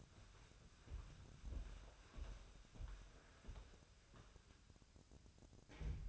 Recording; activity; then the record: daily activity, microphone in the room; walk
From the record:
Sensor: 2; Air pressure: 1015.2 hPa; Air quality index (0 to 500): 118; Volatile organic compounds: 3 ppm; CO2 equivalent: 1511 ppm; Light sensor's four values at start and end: 13/34/13/15 and 13/35/13/15